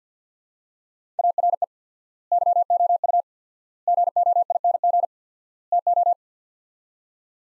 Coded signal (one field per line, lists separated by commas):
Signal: Morse code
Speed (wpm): 50 wpm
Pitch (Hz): 700 Hz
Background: none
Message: ARE YOU GOING TO